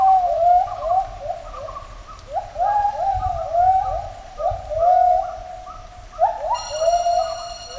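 Gibbon duet: a steady run of swooping hoots rising and falling, some doubled, with a high tone entering near the end.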